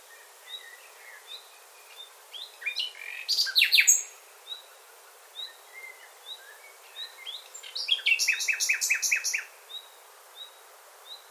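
Bird sounds: scattered soft high notes with two louder bursts of rapid, buzzy chirps, the second phrase more even and rhythmic.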